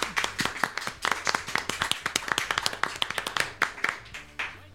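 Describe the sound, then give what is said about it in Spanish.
Brisk hand clapping, a quick, fairly steady run of sharp claps that continues for several seconds with a slightly uneven rhythm, with no talking over it. “Yo creo que me merezco un aplauso.”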